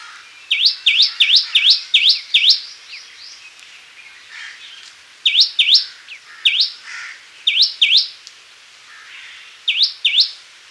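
Common tailorbird song: loud, sharp repeated chip notes in quick bursts of a few to several, each rising steeply, with pauses between bursts.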